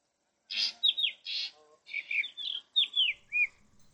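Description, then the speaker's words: Black drongo calling, a varied series of harsh chattering notes and sharp, downslurred whistles. Played recording; a skilled mimic, so its calls may vary; a bird of scrubland. "this is the call of the black drongo, but please note that they are great mimics."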